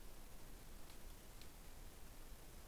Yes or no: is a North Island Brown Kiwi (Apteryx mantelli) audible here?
no